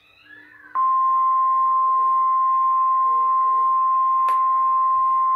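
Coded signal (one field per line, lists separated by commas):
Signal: Emergency Alert System (SAME) tones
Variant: 1050 Hz attention tone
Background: speech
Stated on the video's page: Alert tones caught on 106.1 FM radio during a recording.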